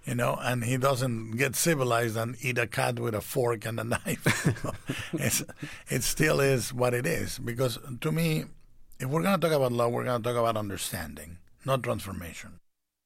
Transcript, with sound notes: you know? And he doesn't get civilized and eat a cat with a fork and a knife.
(LAUGHTER)
It still is what it is because to me, if we're going to talk about love, we're going to talk about understanding, not transformation.